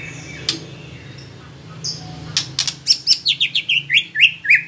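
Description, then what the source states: White-rumped shama song: a few scattered clicks, then a quick descending run of bright chirping notes in the last two seconds. Female bird.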